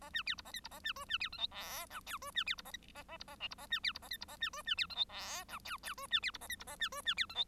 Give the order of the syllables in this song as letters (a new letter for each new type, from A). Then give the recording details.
A B C D A E D A B F B C G H I J K F B C D A E A A D A L D A B C D A E D A B F B C G H I J K K F B C D A E D A B F B C G H. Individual Bird1